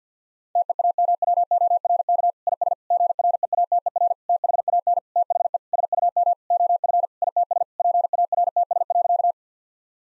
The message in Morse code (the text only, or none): TEAMWORK IS GREATER THAN THE SUM OF ITS PARTS.